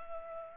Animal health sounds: mosquito wingbeat signal from an infrared sensor; Culex pipiens

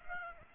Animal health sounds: mosquito wingbeat signal from an infrared sensor; Aedes aegypti

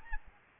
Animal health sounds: mosquito wingbeat signal from an infrared sensor; Aedes albopictus

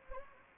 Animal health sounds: mosquito wingbeat signal from an infrared sensor; Anopheles gambiae

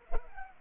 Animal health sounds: mosquito wingbeat signal from an infrared sensor; Culex pipiens

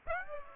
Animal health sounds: mosquito wingbeat signal from an infrared sensor; Aedes aegypti

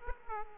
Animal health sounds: mosquito wingbeat signal from an infrared sensor; Aedes aegypti

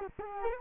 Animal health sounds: mosquito wingbeat signal from an infrared sensor; Culex quinquefasciatus

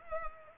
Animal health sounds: mosquito wingbeat signal from an infrared sensor; Culex pipiens

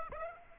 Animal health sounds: mosquito wingbeat signal from an infrared sensor; Aedes aegypti

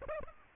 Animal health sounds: mosquito wingbeat signal from an infrared sensor; Aedes aegypti

